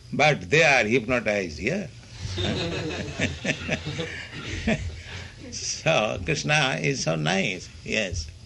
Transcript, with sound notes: but they are hypnotized here. [laughter] [laughs] So Kṛṣṇa is so nice. Yes.